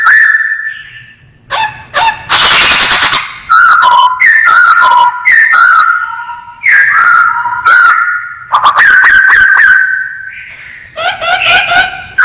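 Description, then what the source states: Masked laughingthrush mixing harsh rasping bursts with rapid clipped notes and steady whistles, phrases broken by short pauses. Described as 'gacor', a bird-keepers' term for a bird in full, vigorous song.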